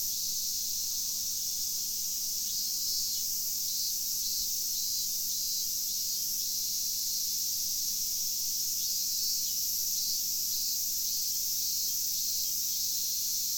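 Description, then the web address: Cicadas droning continuously in a dense high-pitched hiss that swells slightly at times, over a low steady electrical-sounding hum. At a university parking lot in Fukushima, Japan, on 12 August 2011. "fukudai parking cicada at parking 0812"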